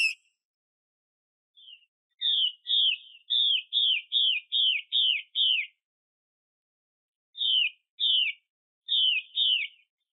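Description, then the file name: Chinese hwamei song: a brisk string of about eight repeated downslurred whistles, a pause, then a few more spaced notes. Female bird. "Tieng chim hoa mi mai xuy"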